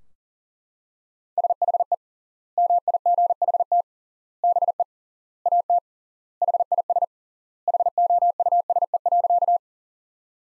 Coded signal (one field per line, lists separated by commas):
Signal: Morse code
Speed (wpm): 37 wpm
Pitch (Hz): 700 Hz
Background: none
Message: SHE MIGHT BE AT HIS HOUSE.